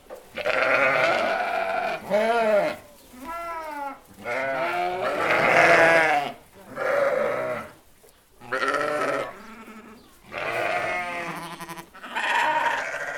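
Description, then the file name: Sheep bleating: a steady run of wavering bleats with brief gaps between calls. A flock of sheep bleating "be be be". "tieng bay cuu keu be be be"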